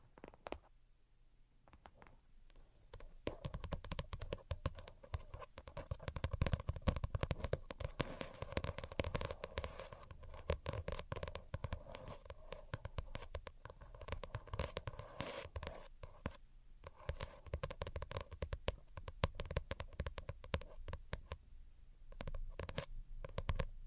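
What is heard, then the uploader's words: Delicate tapping fills the clip with rapid, crackling clicks that start sparse, then turn dense after about two seconds and stay busy to the end. Small pauses come around 16 and 21 seconds. A soft, steady low tone sits beneath the taps. Most Delicate and Calming Tapping.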